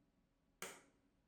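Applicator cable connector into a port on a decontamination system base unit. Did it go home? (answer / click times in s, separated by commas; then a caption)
yes / 0.6 s. After the multi-pin connector on a SteraMist Environment System applicator cable is plugged into its port on the decontamination system's base unit, the silver locking tab is pulled and gives one sharp, bright click at 0.6 s that quickly fades. The click means the connector is seated, locked in and ready to go.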